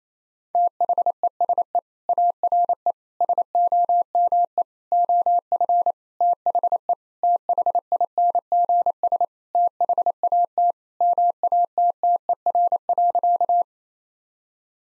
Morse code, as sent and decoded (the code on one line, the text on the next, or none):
- .... . ... . / .- .-. . / ... --- -- . / --- ..-. / - .... . / - .... .. -. --. ... / - .... .- - / -- .- - - . .-. .-.-.-
THESE ARE SOME OF THE THINGS THAT MATTER.